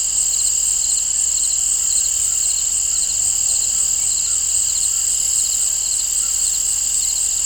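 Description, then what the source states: Crickets chirp as a dense, unbroken high chorus of fast pulsed trills, with no other clear sounds. Crickets in an open field, nature ambience.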